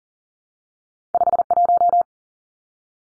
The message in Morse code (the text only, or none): 51